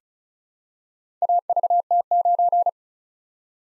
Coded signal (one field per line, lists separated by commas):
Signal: Morse code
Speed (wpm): 36 wpm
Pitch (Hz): 700 Hz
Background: none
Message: AVT9